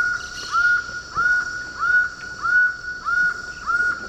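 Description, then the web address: Laughing falcon giving a regular run of six slightly rising notes, roughly one and a half per second, with a constant whining tone behind. Recorded in the eastern lowlands of South America. "Natures Songs S America Eastern Lowlands Laughing Falcon"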